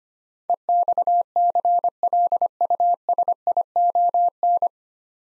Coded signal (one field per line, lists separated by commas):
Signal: Morse code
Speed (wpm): 25 wpm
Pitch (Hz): 700 Hz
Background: none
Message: EXCLUSION